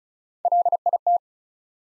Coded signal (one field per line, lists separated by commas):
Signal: Morse code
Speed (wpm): 36 wpm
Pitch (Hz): 700 Hz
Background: none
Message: LIT